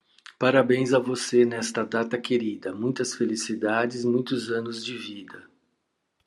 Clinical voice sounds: short text; Brazilian Portuguese; male; 50 to 59 years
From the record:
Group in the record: control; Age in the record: 57 years

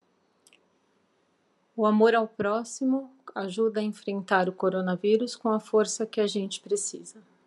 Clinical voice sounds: spoken sentence; Brazilian Portuguese; female; 40 to 49 years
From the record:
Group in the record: control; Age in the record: 46 years

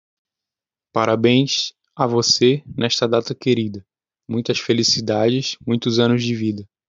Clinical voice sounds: short text; Brazilian Portuguese; male; 20 to 29 years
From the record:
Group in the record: control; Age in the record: 20 years

